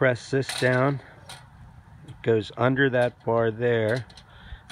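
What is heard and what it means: Someone talks while pressing the set rod of a wire cage animal trap down under the metal door-holding bar to set the trap door, with faint metallic handling and a small tap at 1.3 s. Nothing has seated or locked in place yet.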